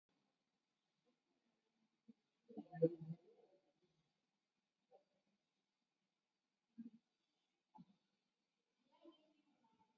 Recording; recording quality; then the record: deep breathing; poor, much background noise or distortion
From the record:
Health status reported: COVID-19 positive, mild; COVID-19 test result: positive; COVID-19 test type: RT-PCR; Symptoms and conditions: cough, cold, hypertension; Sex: male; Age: 56 years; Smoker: no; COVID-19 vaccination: both doses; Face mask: worn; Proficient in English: yes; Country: India